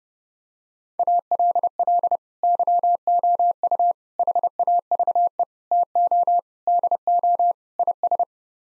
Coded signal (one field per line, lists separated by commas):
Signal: Morse code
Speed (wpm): 32 wpm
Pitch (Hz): 700 Hz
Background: none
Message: ALL YOU HAVE TO DO IS